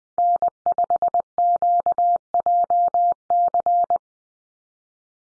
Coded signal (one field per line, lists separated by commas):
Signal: Morse code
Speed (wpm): 20 wpm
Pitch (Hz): 700 Hz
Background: none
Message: N5QJC